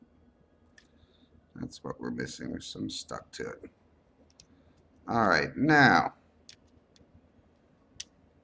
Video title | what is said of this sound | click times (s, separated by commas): DIY Screen Repair Motorola X881 Kansas Techs | pops right in these ribbon cables | 8.0 s